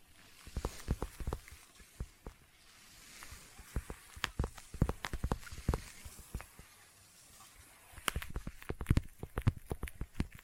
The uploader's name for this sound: Intense Sticky Tapping and Sticky Triggers